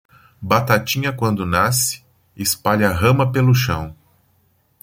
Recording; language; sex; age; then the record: short text; Brazilian Portuguese; male; 50 to 59 years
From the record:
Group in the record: control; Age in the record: 50 years